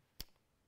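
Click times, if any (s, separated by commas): 0.2 s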